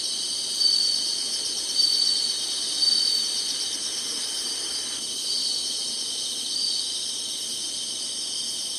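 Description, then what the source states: Insect chorus, a steady high-pitched shrill drone with brief louder pulses near the start and faint swells later. Singing insects in summer.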